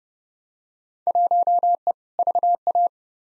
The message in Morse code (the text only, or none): 1E VA